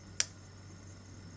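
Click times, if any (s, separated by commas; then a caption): 0.2 s. A tool set into the notches of the clear adjustment nut on a GAN 356 XS 3x3 speed cube turns it anti-clockwise. A single sharp, bright click at 0.2 s marks the nut moving into the next of its six tension settings, with a steady low hum behind it.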